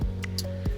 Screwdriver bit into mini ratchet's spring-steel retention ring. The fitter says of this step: of spring steel that holds a bit in and there's such a satisfying click when you hear it